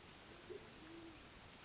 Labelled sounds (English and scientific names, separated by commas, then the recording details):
Band-tailed Pigeon (Patagioenas fasciata)
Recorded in Sonoma County, California